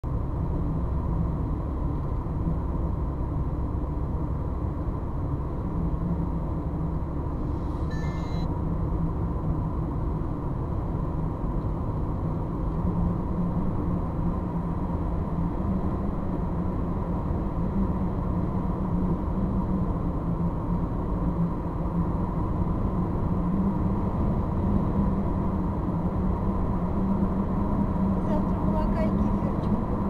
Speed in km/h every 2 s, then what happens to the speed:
52, 52, 53, 55, 56, 58, 59, 61, 62, 65, 65, 68, 69, 70, 72.
0-30 speeds up to 72.